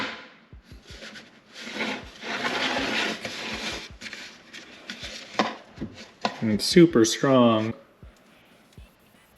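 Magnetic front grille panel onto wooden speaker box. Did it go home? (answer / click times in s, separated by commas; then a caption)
yes / 5.4 s. A wooden front grille panel with a magnet in each corner is set onto a wooden speaker box, with rubbing and handling noise beforehand. The magnets pull it home with a sharp click at 5.4 s, and it sits firmly seated. Someone talks afterward.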